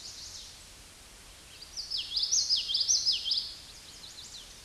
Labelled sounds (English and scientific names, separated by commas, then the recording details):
Common Yellowthroat (Geothlypis trichas) song
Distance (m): 10 m
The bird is about level with the microphone
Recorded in a Pennsylvania forest on 16 May 2024 at 09:55
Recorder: AudioMoth, point MSD-1342
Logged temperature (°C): 15.5 °C
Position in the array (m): 235 m, 178 m